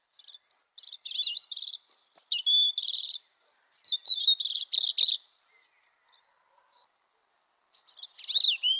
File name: bioakusztika 08 vorosbegy